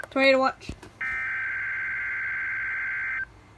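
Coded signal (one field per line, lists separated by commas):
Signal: Emergency Alert System (SAME) tones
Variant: header bursts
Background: speech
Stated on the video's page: Tornado watch received on a Sangean weather radio.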